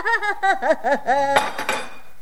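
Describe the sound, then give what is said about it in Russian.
A burst of high, breathy giggling is cut off by the sharp crash of a cup being broken by a mother, followed by a bright, fading ring and a few clinking shards. “Это ты зачем разбила чашку?”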